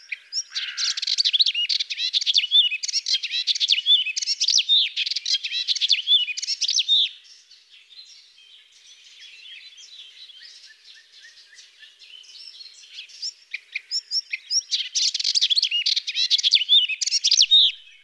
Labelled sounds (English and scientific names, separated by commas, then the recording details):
Melodious Warbler (Hippolais polyglotta) song
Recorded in the wild
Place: St. Laurent des Arbres und Umgebung, FR
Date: 2004-05-25
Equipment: MiniDisc Sharp MT 20 H, Telinga DAT, Telinga-Parabolspiegel
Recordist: Schwarz, Dieter
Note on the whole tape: Song